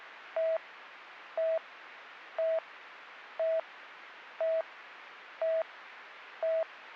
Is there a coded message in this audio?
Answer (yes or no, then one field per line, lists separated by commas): no